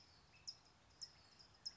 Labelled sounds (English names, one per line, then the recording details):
California Towhee
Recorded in Sonoma County, California